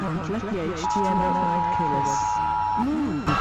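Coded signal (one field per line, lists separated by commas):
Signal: Emergency Alert System (SAME) tones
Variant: 853 and 960 Hz attention tone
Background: speech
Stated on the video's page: Simulated nuclear strike alert on a fictional network.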